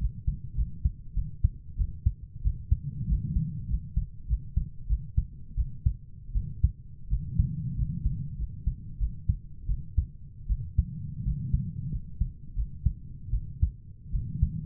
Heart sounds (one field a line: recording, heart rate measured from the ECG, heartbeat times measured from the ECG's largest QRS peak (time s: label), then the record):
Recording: heart sounds by stethoscope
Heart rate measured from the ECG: 89 bpm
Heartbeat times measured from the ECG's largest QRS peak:
0.56 s: heartbeat
1.15 s: heartbeat
1.78 s: heartbeat
2.43 s: heartbeat
3.08 s: heartbeat
3.69 s: heartbeat
4.28 s: heartbeat
4.88 s: heartbeat
5.56 s: heartbeat
6.34 s: heartbeat
7.09 s: heartbeat
7.76 s: heartbeat
8.38 s: heartbeat
8.99 s: heartbeat
9.68 s: heartbeat
10.48 s: heartbeat
11.24 s: heartbeat
11.91 s: heartbeat
12.55 s: heartbeat
13.32 s: heartbeat
14.11 s: heartbeat
From the record:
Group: healthy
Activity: rest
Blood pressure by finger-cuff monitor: 134/73 mmHg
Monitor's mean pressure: 89 mmHg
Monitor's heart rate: 91 bpm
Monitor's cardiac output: 7.9 L/min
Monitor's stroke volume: 84 mL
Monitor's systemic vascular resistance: 830 dyn s/cm5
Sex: female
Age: 22 years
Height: 160 cm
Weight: 63 kg